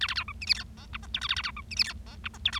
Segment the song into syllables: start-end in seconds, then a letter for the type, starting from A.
0.01-0.07 A, 0.08-0.14 A, 0.15-0.23 B, 0.28-0.32 C, 0.41-0.45 D, 0.47-0.53 E, 0.55-0.63 F, 0.77-0.85 G, 0.93-0.97 H, 1.03-1.06 I, 1.14-1.20 J, 1.21-1.27 K, 1.29-1.35 A, 1.36-1.42 A, 1.44-1.51 B, 1.56-1.61 C, 1.71-1.75 D, 1.76-1.83 E, 1.84-1.93 F, 2.06-2.15 G, 2.24-2.28 H, 2.34-2.37 I, 2.45-2.50 J, 2.52-2.59 K